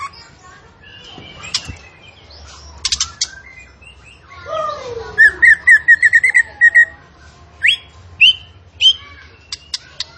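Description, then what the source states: Zebra finch song of varied phrases: a descending whistle, then a rapid run of bright chirps, then sharp rising upslurred notes and clicks. Vigorously singing (gacor) bird from a masteran recording used to train kept songbirds.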